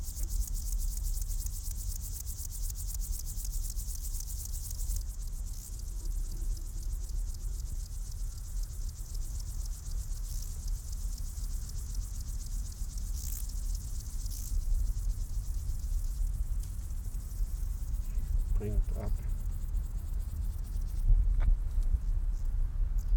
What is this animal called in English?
Upland Field Grasshopper